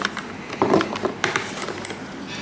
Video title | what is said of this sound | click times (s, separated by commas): special day vlog with family/happy vlog with Hameed and Ifza/Zac's kitchen Vlog #vlog #luvlap | lock ஆயிடுச்சு | 1.2 s